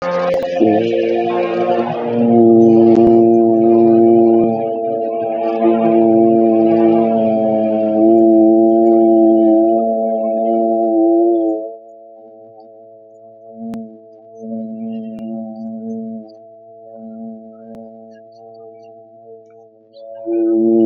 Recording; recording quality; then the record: sustained vowel as in boot; moderate, slight background noise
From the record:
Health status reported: exposed to COVID-19, no respiratory illness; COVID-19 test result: negative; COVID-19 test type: RT-PCR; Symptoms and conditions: cold, loss of smell and taste, hypertension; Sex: male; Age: 39 years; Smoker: no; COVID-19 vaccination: both doses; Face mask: not worn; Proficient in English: yes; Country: India